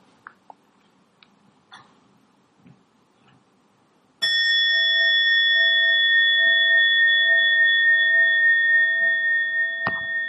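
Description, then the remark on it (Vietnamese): A mindfulness bell is invited (struck) once, its second sound, after a few soft taps and rustles, ringing out with a bright, steady, harmonic tone that sustains for several seconds; a short knock sounds near the end. “Và lúc đó vị trí chung mới thỉnh tiếng thứ 2.”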